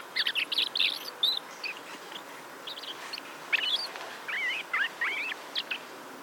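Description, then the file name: Common blackbird with rapid chattering notes at first, then a pause and several looping, slurred whistles rising and falling near the end. "Turdus merula"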